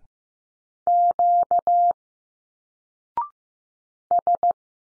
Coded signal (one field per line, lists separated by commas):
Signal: Morse code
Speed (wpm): 15 wpm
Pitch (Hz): 700 Hz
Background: none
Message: Q S